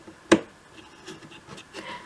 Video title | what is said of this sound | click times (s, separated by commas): From Start to Finish - 1/12th Scale Shop Project #10 - Part Two | tight I like to hear that sort of Click cuz it clicks into place like that | 0.3 s